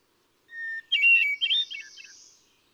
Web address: songs Hermit Thrush